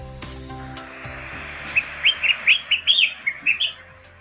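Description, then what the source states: Collared Finchbill calls: a quick run of about ten bright, slurred chirps within two seconds. Several wintering birds feeding on crabapples in a crabapple garden, Beijing, China, 15 January 2022, temperature -8 to 3°C; call described as very pleasant, reason people keep them caged.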